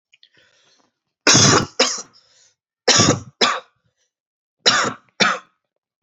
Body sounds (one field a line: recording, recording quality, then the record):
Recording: heavy voluntary cough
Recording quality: excellent, no background noise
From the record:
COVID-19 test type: RT-PCR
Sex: male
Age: 31 years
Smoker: no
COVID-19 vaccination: both doses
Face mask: not worn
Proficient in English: yes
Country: India